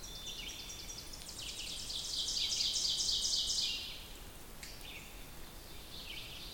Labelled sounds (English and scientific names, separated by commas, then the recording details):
Ovenbird (Seiurus aurocapilla) song
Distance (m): 35 m
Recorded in boreal forest in Alberta, Canada, on 2 June 2016 at 08:08
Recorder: SongMeter 3, array SBT-3-7
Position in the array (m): 23 m, 135 m
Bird 4